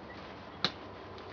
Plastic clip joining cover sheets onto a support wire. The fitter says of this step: and then locked into place.